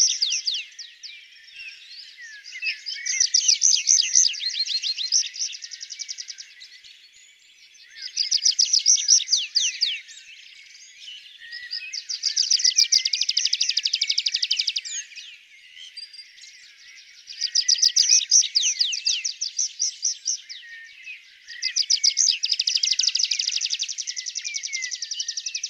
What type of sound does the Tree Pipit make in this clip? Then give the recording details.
song. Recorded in the wild. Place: Oberrotweil am Kaiserstuhl / Weinberge, Baden-Württemberg, DE. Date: 1992-05-07. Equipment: Dat-Recorder Casio DA 7, Telinga DAT, Telinga-Parabolspiegel. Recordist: Schwarz, Dieter. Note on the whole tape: Song